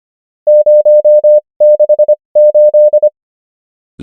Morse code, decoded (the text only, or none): 068